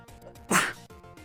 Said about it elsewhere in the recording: Excuse me, I have to sneeze. that was a really embarrassing sneeze.